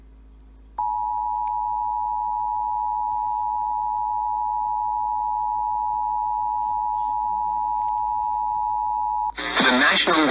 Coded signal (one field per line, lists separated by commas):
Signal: Emergency Alert System (SAME) tones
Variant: 853 and 960 Hz attention tone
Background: speech